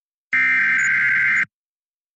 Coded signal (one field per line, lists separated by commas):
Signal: Emergency Alert System (SAME) tones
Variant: header bursts